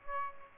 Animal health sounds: mosquito wingbeat signal from an infrared sensor; Aedes aegypti

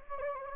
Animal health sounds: mosquito wingbeat signal from an infrared sensor; Anopheles gambiae

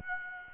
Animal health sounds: mosquito wingbeat signal from an infrared sensor; Aedes aegypti

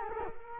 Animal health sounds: mosquito wingbeat signal from an infrared sensor; Culex quinquefasciatus

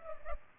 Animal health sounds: mosquito wingbeat signal from an infrared sensor; Culex pipiens

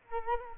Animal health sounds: mosquito wingbeat signal from an infrared sensor; Culex quinquefasciatus

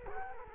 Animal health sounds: mosquito wingbeat signal from an infrared sensor; Culex quinquefasciatus

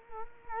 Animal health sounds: mosquito wingbeat signal from an infrared sensor; Culex quinquefasciatus

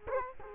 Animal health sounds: mosquito wingbeat signal from an infrared sensor; Culex quinquefasciatus

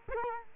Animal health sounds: mosquito wingbeat signal from an infrared sensor; Culex quinquefasciatus

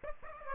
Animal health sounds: mosquito wingbeat signal from an infrared sensor; Aedes aegypti

